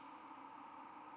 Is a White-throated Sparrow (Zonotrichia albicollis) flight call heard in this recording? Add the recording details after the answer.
no. No flight call is heard. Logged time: 00:44 on 24 November 2014